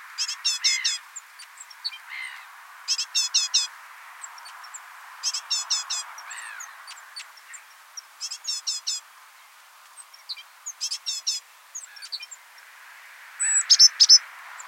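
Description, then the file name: Great tit repeating rasping chatter bursts of three to four notes roughly every two to three seconds, ending with a louder squeaky flurry. "Parus major"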